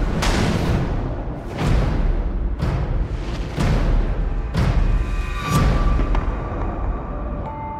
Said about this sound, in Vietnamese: Lúc này đã là 11 giờ rưỡi tối. Trên trời bỗng dưng chói lên một ánh chớp, kèm theo một tiếng sấm rền vang dội, báo hiệu một đêm mưa tầm tã sắp đổ xuống.